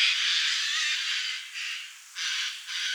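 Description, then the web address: Eurasian jay giving harsh, rasping screeches: one long drawn-out burst followed by three shorter grating calls, with no other clear sounds. "Garrulus glandarius"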